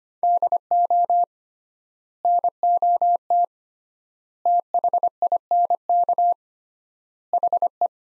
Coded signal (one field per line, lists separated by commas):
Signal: Morse code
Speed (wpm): 25 wpm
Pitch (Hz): 700 Hz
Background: none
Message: DO NOT THINK HE